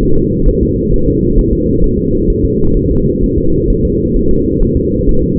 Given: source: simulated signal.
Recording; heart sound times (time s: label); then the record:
fetal heart sounds
0.03 s: S1
0.17 s: S2
0.49 s: S1
0.63 s: S2
0.94 s: S1
1.08 s: S2
1.39 s: S1
1.53 s: S2
1.84 s: S1
1.99 s: S2
2.30 s: S1
2.45 s: S2
2.77 s: S1
2.91 s: S2
3.24 s: S1
3.38 s: S2
3.70 s: S1
3.85 s: S2
4.17 s: S1
4.31 s: S2
4.63 s: S1
4.77 s: S2
5.09 s: S1
5.24 s: S2
From the record:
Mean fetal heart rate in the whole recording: 130 bpm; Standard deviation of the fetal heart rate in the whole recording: 4 bpm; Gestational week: 38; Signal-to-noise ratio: -16.4 dB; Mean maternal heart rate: 72 bpm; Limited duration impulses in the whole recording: present